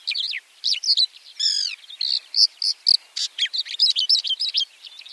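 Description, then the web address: White-winged lark song, a high jumble of short chirps, trills and buzzy notes in rapid succession, with a brief rattling trill near the start. "white winged lark bird call"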